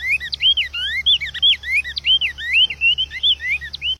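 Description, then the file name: Cinnamon tanager song: rapid, chattering series of bright upslurred and downslurred whistles, varied and continuous throughout. "Canto do bico de veludo"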